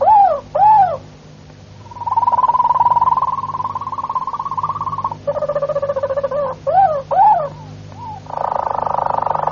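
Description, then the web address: Harz Roller canary singing low, hollow swooping notes that lead into a long soft rolling trill, then a buzzier roll, more swoops and another roll, with faint background hum. Harz-type canary song. "canarios cantoharz"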